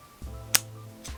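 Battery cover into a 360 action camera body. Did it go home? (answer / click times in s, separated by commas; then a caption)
yes / 0.5 s. A plastic battery cover is pressed into the body of an Insta360 X3 360 action camera, with its remaining side pushed down to secure it for underwater use. A sharp, loud snap at 0.6 s shows the cover seating fully home, and a softer thump follows at about 1.1 s. The battery door is confirmed secured.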